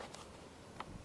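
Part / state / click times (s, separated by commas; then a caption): bassinet/seat unit into stroller frame brackets / seated / 0.2 s, 0.8 s. A bassinet/seat unit on a Baby Jogger City Mini Double stroller is lowered onto the frame's attachment brackets and pushed down until it latches. Sharp clicks are heard at 0.1 s and 0.8 s over a quiet background. The unit clicks into place on the frame, and green indicators on both sides are then checked to confirm it is secure.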